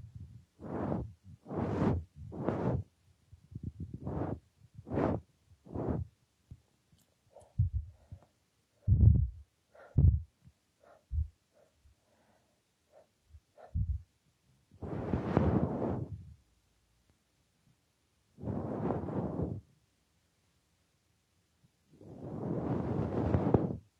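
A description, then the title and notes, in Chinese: Soft breaths blown in short, airy puffs, with feather-stick ear cleaning. About a dozen quick puffs come in a regular rhythm over the first six seconds, then quieter scattered soft rustles and taps, and finally three longer, fuller breaths spaced several seconds apart. 温柔吹气+鹅毛棒掏耳。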